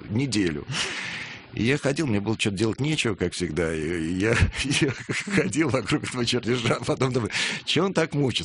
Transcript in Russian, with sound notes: неделю. И я ходил, мне было чего-то делать нечего, как всегда, и я… (смеется) я ходил вокруг этого чертежа, и думаю: «Чего он так мучается?»